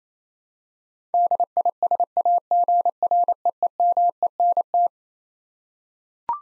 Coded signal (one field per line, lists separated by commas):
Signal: Morse code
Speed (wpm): 28 wpm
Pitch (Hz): 700 Hz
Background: none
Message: DISAGREEMENT